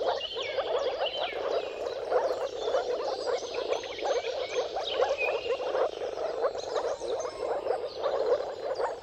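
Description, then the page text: Dense moor frog chorus, a continuous mass of short muffled croaks, with birds singing and calling over it. Mating chorus of moor frogs at sunrise, at the turn of March and April depending on weather. "Dawn’s Chorus: Mating Calls of Marsh Frogs at Sunrise. Depending on the weather at the turn of March and April, you can witness an amazing spectacle of moor frogs. Jakub Orzecki"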